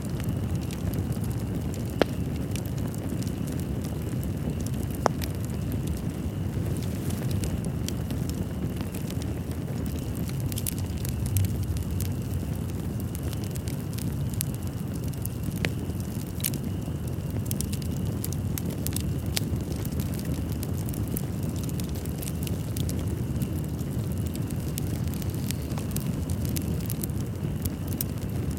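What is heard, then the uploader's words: A campfire burns with a steady, dense low roar, close to the microphone. Sharp crackles and pops break through now and then, with sharp snaps near the two- and five-second marks, growing more frequent after about fifteen seconds. A faint, thin high whine persists throughout. Capfire.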